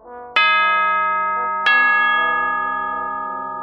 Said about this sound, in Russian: Напрасно я волновался о побудке, поскольку даже сквозь сон услышал, как громко и ясно где-то рядом забил колокол.